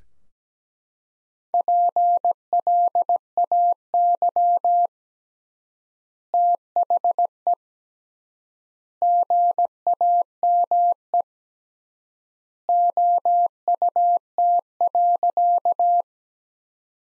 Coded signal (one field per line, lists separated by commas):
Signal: Morse code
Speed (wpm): 17 wpm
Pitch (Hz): 700 Hz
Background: none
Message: PLAY THE GAME OUT.